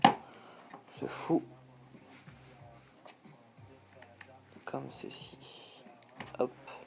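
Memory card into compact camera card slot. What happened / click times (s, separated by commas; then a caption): The memory card is being handled and pushed but has not yet latched / none. A memory card is handled at the card slot of a Sony Cyber-Shot DSC-HX9V compact camera while someone talks, with a sharp tap at the start and a few faint clicks and rustles through the clip. The card has not seated or clicked into the slot yet.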